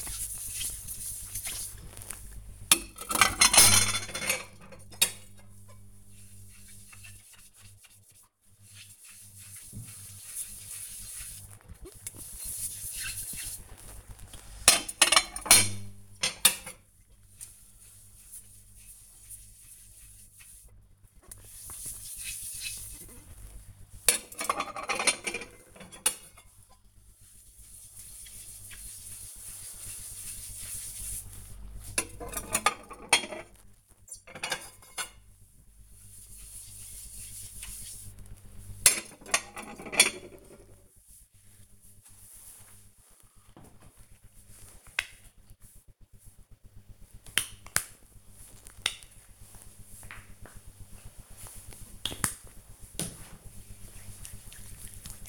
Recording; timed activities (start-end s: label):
household activities, microphone on the right wrist
0.00-39.36 s: washing dishes
46.40-55.29 s: cream hands